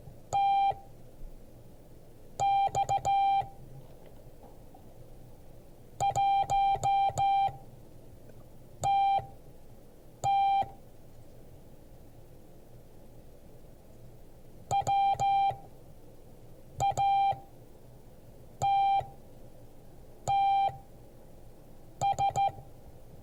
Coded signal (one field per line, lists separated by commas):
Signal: Morse code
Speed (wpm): 15 wpm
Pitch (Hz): 790 Hz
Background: none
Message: TX 1TT WATTS